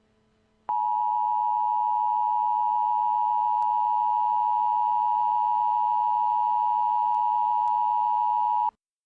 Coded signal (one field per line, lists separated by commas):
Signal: Emergency Alert System (SAME) tones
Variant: 853 and 960 Hz attention tone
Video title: EAS: Flash Flood Emergencies in Houston, TX